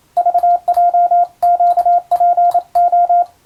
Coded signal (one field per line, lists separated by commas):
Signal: Morse code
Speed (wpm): 27 wpm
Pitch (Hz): 700 Hz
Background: radio noise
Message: VJQPO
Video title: 【Radio operator morse practice】This is a Morse code practice video. There is a morse exam in japan.